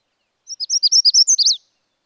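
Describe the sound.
Magnolia warbler song, one brisk high phrase of sweet slurred notes, about a second long, in an otherwise quiet background.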